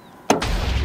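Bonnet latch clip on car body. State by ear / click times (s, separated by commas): released / 0.3 s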